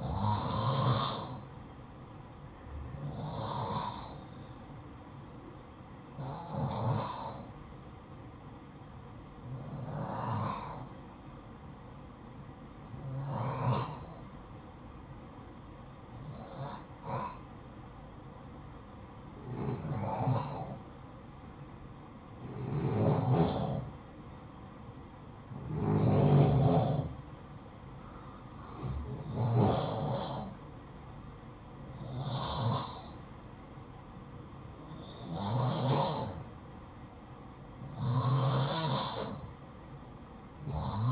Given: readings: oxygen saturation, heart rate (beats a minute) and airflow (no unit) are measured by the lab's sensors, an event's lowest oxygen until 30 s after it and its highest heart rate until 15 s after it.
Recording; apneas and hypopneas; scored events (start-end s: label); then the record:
breathing in sleep by a smartphone at the bedside; 1
5.00-27.90 s: hypopnea (N2, oxygen 93% highest, then 90% lowest, heart rate 56 at the start, 63 highest)
From the record:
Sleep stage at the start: N2 (light sleep); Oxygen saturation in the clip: 88 to 93%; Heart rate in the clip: 55 to 63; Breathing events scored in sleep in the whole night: 573 in 9.8 hours asleep